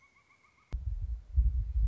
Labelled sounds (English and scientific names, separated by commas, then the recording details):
Pileated Woodpecker (Dryocopus pileatus)
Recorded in Sonoma County, California